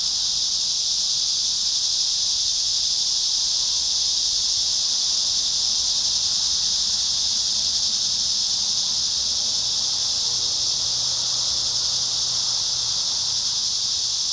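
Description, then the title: Cicadas singing as a dense, sizzling chorus, one sustained high buzz that never lets up across the whole recording. Cicadas at Trinity. "neoscenes: cicadas at Trinity"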